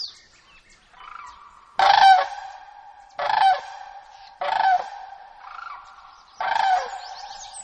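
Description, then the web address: Sandhill crane giving loud rolling, rattling calls in bursts about every one to two seconds, with softer notes between them. Recorded in Alaska on 26 May 2015 at 06:04. "alaska BIRDS 20150526 060431 Sandhill"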